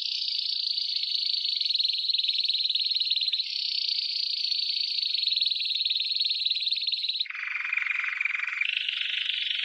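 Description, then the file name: Canary song of very rapid, buzzy trills held for several seconds each, stepping down to a lower roll near seven seconds, then rising again. "Canary Voice"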